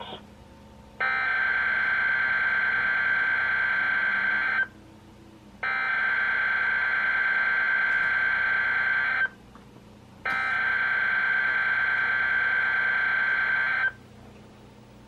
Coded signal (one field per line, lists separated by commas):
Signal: Emergency Alert System (SAME) tones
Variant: header bursts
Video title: EAS #114-#119: Flash Flood Watch and Some Others | KHB36 & WNG736